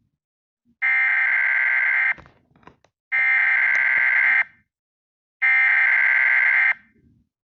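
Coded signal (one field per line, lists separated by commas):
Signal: Emergency Alert System (SAME) tones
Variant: header bursts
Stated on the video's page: Fictional EAS scenario; simulated alert, not a real broadcast.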